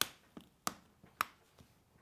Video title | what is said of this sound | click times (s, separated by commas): Macerator demonstration 17 1 24 | and with a simple click | 0.0 s